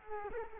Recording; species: mosquito wingbeat signal from an infrared sensor; Culex quinquefasciatus